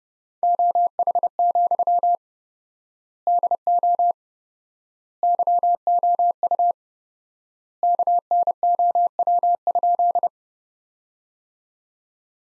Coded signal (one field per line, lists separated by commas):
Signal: Morse code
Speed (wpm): 30 wpm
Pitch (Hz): 700 Hz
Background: none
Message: OH, DO YOU KNOW?